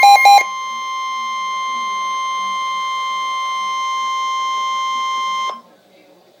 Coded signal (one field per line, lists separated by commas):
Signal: Emergency Alert System (SAME) tones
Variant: 1050 Hz attention tone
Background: speech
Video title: Severe Thunderstorm Warning - EAS #185